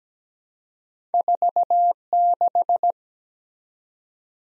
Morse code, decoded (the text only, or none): 4 6